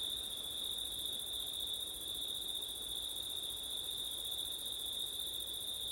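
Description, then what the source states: Dense cricket song forming a bright, continuous high trill and a thin, higher shimmering band, with gentle wind rushing beneath. Crickets on a September night, with wind; ORTF (ortif) recording.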